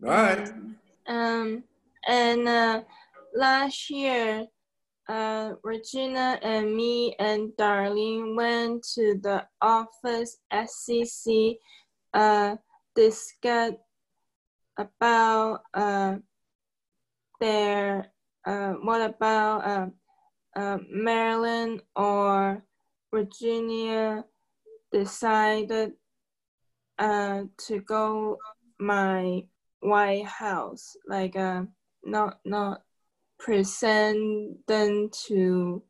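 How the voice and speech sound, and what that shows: A woman, a stroke survivor with aphasia, tells a short story in halting bursts, with long pauses, drawn-out fillers, broken grammar, a repeated "not, not" and a wrong word ("White House" for senator). These word-finding pauses and substitutions are typical of aphasia after stroke.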